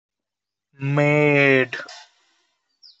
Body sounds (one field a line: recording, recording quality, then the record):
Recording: sustained vowel as in made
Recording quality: poor, much background noise or distortion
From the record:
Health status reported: healthy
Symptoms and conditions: none ticked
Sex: male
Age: 24 years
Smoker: not ticked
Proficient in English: yes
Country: India